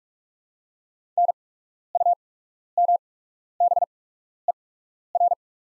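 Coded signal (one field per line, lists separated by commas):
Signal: Morse code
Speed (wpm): 44 wpm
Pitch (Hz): 700 Hz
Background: none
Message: NUMBER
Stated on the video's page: Practice set of top 500 words at 45 wpm with 8x character spacing, Farnsworth timing for learners.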